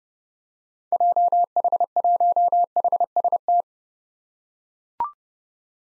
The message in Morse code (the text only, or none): JH1HST